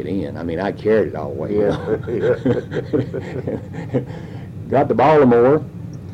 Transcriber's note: laughter